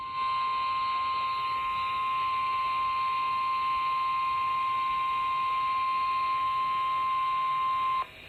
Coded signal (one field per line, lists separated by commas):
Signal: Emergency Alert System (SAME) tones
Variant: 1050 Hz attention tone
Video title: Severe Thunderstorm Warning on WYMY-FM || EAS 926 || 6-3-23